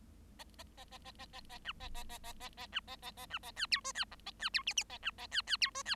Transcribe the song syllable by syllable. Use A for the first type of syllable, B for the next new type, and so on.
A A A A A A A A B A A A A A A B A A A B A C D E C F A C D G G A B A C C D E C